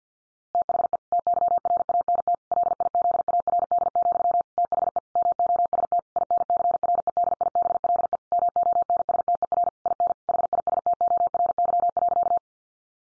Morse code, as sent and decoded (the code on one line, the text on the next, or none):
- .... . / - -.-- .-. .- -. - / .-.. .. --.. .- .-. -.. --..-- / - .... . / -- --- ... - / .. -. -.-. .-. . -.. .. -... .-.. . / -- --- -. ... - . .-. / .. -. / .... .. ... - --- .-. -.-- .-.-.-
THE TYRANT LIZARD, THE MOST INCREDIBLE MONSTER IN HISTORY.